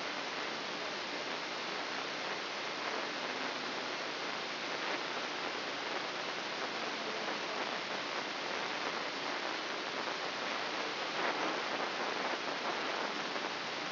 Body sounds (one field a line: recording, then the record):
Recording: brain microelectrode recording played as sound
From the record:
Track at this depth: inside the subthalamic nucleus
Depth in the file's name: 6.705 mm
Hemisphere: left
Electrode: 3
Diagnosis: Parkinson's disease